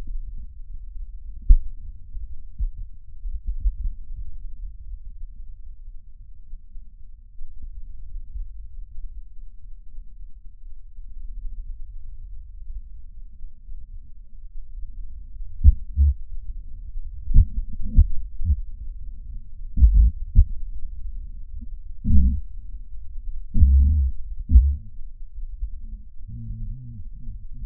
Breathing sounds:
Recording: lung sounds by stethoscope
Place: right anterior apical chest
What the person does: quiet breathing, then cough and speech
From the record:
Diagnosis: pulmonary infection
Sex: male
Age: 69 years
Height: 184 cm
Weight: 115 kg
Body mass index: 34.0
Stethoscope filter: bell mode

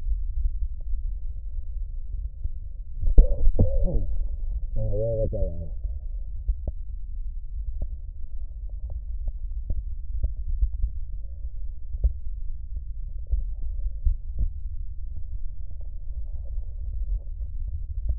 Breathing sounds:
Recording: lung sounds by stethoscope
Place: left posterior basal chest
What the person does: quiet breathing, then cough and speech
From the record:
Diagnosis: COPD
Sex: male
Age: 60 years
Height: 171 cm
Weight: 59.4 kg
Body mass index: 20.3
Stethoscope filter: extended mode

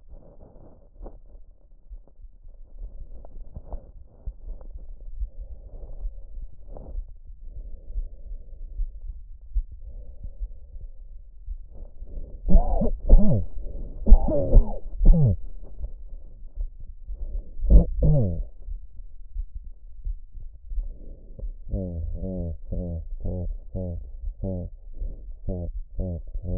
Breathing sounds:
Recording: lung sounds by stethoscope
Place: trachea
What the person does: quiet breathing, then cough and speech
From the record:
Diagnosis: none (healthy)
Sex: male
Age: 34 years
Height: 174 cm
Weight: 93 kg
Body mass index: 30.7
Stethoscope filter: extended mode

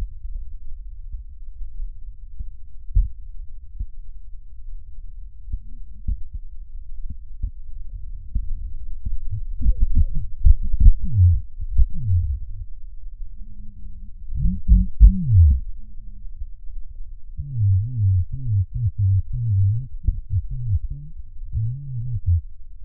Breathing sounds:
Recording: lung sounds by stethoscope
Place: right posterior basal chest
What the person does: quiet breathing, then cough and speech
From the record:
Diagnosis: none (healthy)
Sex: male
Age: 60 years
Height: 190 cm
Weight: 150 kg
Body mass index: 41.6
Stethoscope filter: bell mode

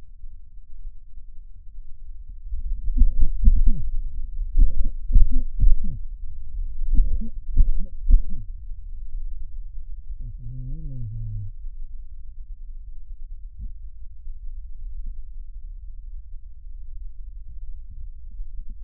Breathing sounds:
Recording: lung sounds by stethoscope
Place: right anterior apical chest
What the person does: quiet breathing, then cough and speech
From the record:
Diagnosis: COPD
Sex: male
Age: 78 years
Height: 162 cm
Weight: 66.4 kg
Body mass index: 25.3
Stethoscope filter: bell mode

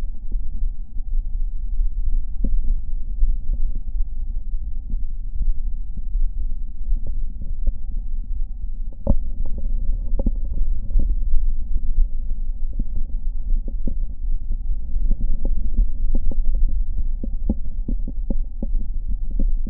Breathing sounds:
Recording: lung sounds by stethoscope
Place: left anterior apical chest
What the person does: quiet breathing, then deep breathing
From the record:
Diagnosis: interstitial lung disease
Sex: male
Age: 61 years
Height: 172 cm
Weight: 71 kg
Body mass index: 24.0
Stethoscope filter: diaphragm mode

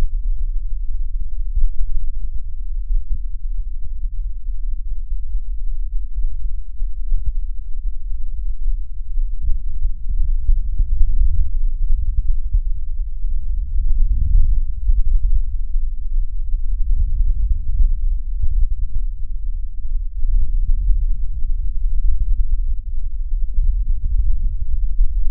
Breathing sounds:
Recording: lung sounds by stethoscope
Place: right posterior basal chest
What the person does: quiet breathing, then deep breathing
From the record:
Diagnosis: pulmonary infection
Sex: male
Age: 86 years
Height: 165 cm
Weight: 65 kg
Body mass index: 23.9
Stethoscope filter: bell mode

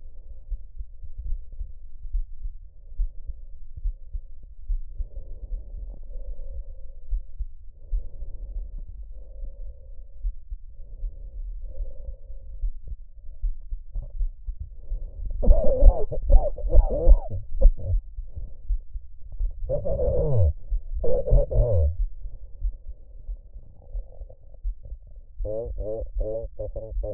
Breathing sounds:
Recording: lung sounds by stethoscope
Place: trachea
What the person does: quiet breathing, then cough and speech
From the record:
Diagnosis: none (healthy)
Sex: male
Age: 45 years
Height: 173 cm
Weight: 92 kg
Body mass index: 30.7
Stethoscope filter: extended mode

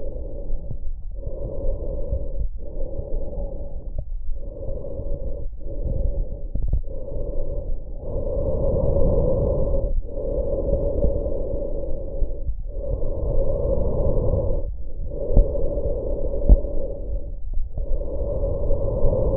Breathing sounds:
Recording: lung sounds by stethoscope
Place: trachea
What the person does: quiet breathing, then deep breathing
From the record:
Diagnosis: COPD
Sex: male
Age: 70 years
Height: 183 cm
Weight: 116 kg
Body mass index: 34.6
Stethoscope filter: extended mode

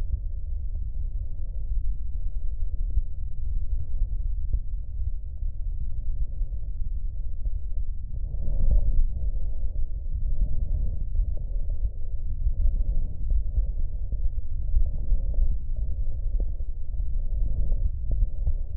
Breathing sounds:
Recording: lung sounds by stethoscope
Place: right posterior basal chest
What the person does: quiet breathing, then deep breathing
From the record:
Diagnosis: COPD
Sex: male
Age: 72 years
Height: 172 cm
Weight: 58.6 kg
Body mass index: 19.8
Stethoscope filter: extended mode

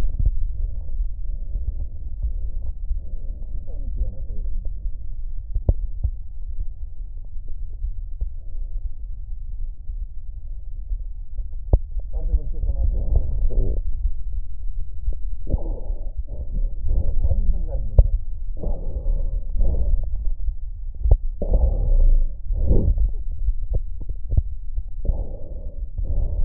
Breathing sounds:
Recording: lung sounds by stethoscope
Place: right posterior apical chest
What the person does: quiet breathing, then deep breathing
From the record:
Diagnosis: interstitial lung disease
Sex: male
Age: 82 years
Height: 158 cm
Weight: 49 kg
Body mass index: 19.6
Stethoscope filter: extended mode

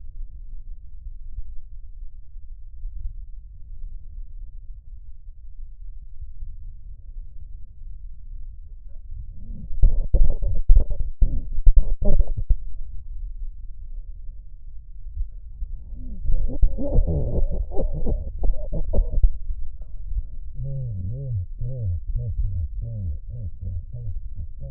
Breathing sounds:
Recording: lung sounds by stethoscope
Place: left posterior apical chest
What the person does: quiet breathing, then cough and speech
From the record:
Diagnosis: pulmonary infection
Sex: male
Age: 74 years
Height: 171 cm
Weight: 80 kg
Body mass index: 27.4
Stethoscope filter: extended mode

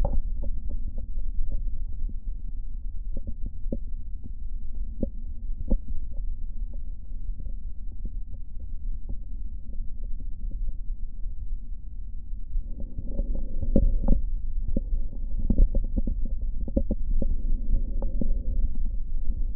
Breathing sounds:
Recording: lung sounds by stethoscope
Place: left posterior basal chest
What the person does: quiet breathing, then deep breathing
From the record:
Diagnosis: COPD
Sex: male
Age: 64 years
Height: 166 cm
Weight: 92.7 kg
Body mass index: 33.6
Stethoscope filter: diaphragm mode

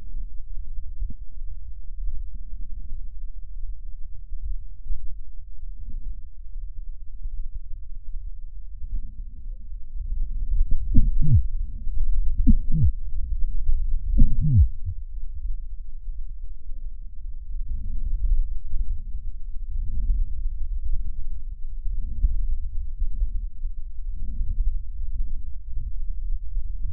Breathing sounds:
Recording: lung sounds by stethoscope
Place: left posterior basal chest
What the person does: quiet breathing, then deep breathing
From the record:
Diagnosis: COPD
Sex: female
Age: 80 years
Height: 160 cm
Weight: 62 kg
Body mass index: 24.2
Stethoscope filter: bell mode

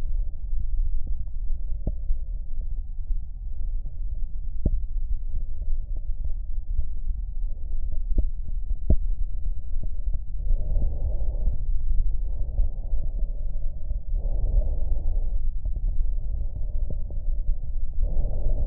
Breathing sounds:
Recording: lung sounds by stethoscope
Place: right anterior apical chest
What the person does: quiet breathing, then deep breathing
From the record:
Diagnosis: asthma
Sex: female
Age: 74 years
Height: 155 cm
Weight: 63 kg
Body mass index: 26.2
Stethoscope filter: extended mode

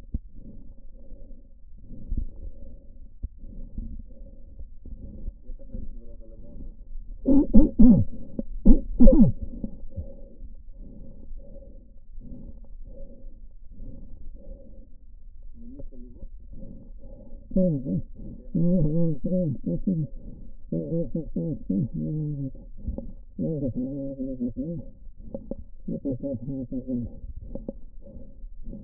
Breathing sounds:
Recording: lung sounds by stethoscope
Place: left anterior apical chest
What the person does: quiet breathing, then cough and speech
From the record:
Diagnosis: interstitial lung disease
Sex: male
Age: 72 years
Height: 167 cm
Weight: 74 kg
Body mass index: 26.5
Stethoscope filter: diaphragm mode

